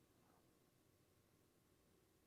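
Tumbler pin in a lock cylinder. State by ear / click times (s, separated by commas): not seated / none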